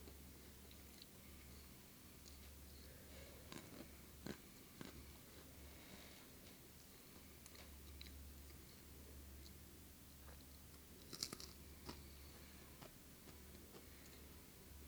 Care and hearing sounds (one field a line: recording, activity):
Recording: daily activity, guitar pickup as the sensor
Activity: eat